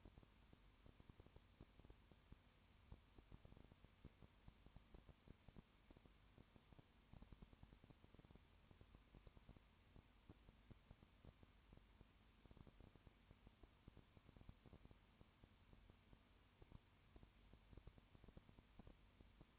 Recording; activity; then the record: daily activity, microphone in the room; no activity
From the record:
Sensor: 2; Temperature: 20.8 degrees Celsius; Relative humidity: 38.3%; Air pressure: 1010.5 hPa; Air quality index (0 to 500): 200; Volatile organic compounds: 19 ppm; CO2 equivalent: 2653 ppm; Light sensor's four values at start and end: 2/3/2/2 and 2/3/2/2